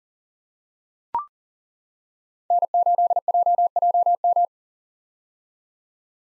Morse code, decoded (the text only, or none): N8JJM